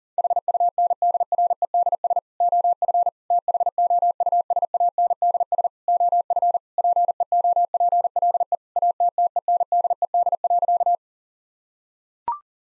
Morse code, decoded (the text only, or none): HUNDREDS OF THOUSANDS OF PEOPLE ATTENDED.